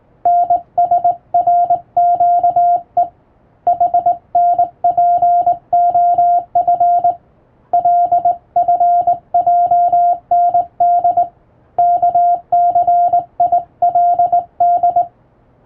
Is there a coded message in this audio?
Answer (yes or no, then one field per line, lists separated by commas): yes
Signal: Morse code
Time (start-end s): 0.3-15.0 s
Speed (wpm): 20 wpm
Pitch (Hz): 700 Hz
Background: radio noise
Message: NSRQE HNPOF LFJND KCILD